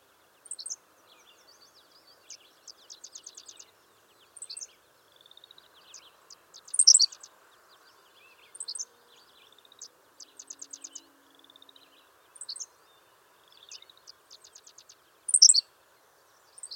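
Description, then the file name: Henslow's sparrow song: abrupt, very high hiccups given every few seconds, with fast buzzy trills and soft chips in between. "Ammodramus henslowii - Henslow's Sparrow"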